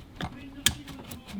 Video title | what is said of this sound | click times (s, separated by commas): Thermostat Replacement - Land Rover Freelander 2 2008 | and you hear a little click | 0.7 s